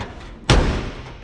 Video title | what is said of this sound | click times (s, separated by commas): 1968 Chevrolet BIG BLOCK Pickup Truck! Preparing it for a Road Trip to Florida 1850 Miles! | there it latched all the way. So, | 0.5 s